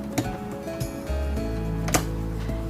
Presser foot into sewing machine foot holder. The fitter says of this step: hear it snap into place